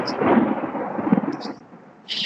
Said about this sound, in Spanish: Esa tormenta. Sí, pero está que suena hace rato y no hay nada de lluvia.